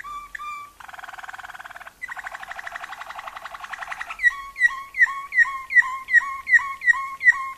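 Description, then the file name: Waterslager canary song: two liquid notes, a buzzy trill, a fast rattling run, then a steady series of bubbling two-pitched notes. Song variations. "kenari waterslager variasi omkicau"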